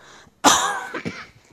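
A loud, harsh cough burst followed by a shorter, weaker one from an adult man: a chronic cough, a lasting legacy of his time in the war.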